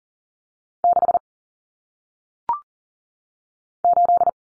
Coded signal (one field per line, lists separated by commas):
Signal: Morse code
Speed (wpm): 40 wpm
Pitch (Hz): 700 Hz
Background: none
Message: 6 8